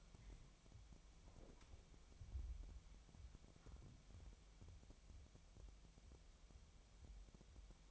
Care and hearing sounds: daily activity, microphone in the room; wipe stove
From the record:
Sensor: 1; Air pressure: 1007.1 hPa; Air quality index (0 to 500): 202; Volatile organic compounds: 21 ppm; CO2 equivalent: 2734 ppm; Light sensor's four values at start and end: 13/33/13/15 and 13/32/13/14

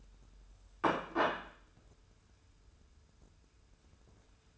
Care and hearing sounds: daily activity, microphone in the room; place plate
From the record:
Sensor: 2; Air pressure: 994.2 hPa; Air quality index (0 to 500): 210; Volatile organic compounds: 1000 ppm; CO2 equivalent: 6917 ppm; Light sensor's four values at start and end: 38/88/38/39 and 51/119/50/50

